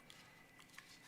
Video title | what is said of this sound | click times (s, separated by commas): Damper Replacement Roland XR 640 VS XR RT XT RF 540 300 300i 640i how to 540i Printer Cutter | get through there and I'm gonna make sure I hear a nice snap snapped | 0.1 s, 0.8 s